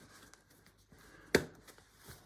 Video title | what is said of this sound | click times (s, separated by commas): Uppababy Vista V3: How to Remove / Mount the Fabrics | so we're just going to slide it in and press until it clicks | 1.3 s